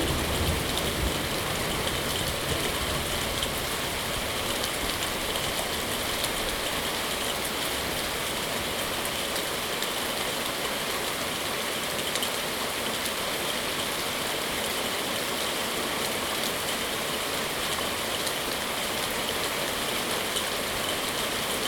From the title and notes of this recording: Salem Oregon thunderstorm, recorded live from the Lava Lamp Lounge patio. The storm began at roughly 4:30 PM. This is a raw audio recording, made with a ZOOM H2n Recorder. Thunder Storm.